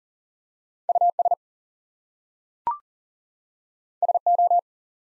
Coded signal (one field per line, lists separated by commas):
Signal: Morse code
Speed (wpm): 40 wpm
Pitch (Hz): 700 Hz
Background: none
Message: US SO